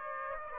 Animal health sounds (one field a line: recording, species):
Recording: mosquito wingbeat signal from an infrared sensor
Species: Aedes aegypti